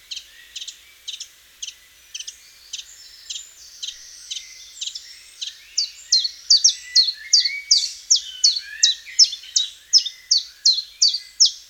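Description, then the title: Common chiffchaff song: sharp, dropping notes repeated about two to three per second, faint at first, then growing loud and steady. "Sylvain Jaskowiak - Mes piafs. Pouillot véloce"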